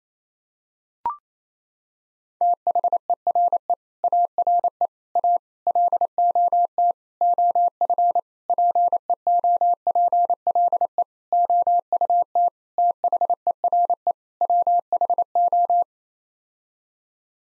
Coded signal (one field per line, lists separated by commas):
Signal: Morse code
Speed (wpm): 28 wpm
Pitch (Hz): 700 Hz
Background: none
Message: THERE ARE A LOT OF PEOPLE OUT THERE WHO